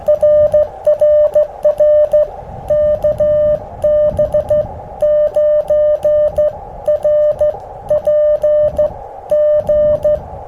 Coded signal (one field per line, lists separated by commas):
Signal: Morse code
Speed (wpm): 14 wpm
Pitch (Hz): 600 Hz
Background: music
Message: RRR KB9RP G